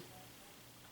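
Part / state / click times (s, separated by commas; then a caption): CPU socket retention lever latching on the motherboard socket / not seated / none. The CPU socket retention lever on the motherboard of a newer AMD-based system is handled after the processor is placed back in the socket during a thermal paste change. Only a faint, steady low-level background hiss is heard, with no sharp sounds. Nothing has latched or clicked yet; the lever is not yet home.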